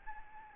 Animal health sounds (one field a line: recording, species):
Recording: mosquito wingbeat signal from an infrared sensor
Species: Aedes albopictus